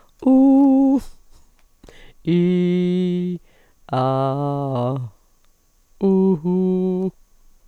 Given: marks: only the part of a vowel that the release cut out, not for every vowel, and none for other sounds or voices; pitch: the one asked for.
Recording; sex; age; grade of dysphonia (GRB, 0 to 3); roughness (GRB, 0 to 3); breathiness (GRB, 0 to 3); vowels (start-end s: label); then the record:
sustained vowels; female; 60 to 69 years; 0; 0; 0
0.29-0.94 s: vowel /u/, high pitch
2.40-3.31 s: vowel /i/, low pitch
3.98-4.91 s: vowel /a/, low pitch
6.48-7.05 s: vowel /u/, low pitch
From the record:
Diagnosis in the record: hyperfunctional dysphonia, dysodia (singing voice disorder); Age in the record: 64 years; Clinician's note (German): Multifaktoriell mit beginnender Altersstimme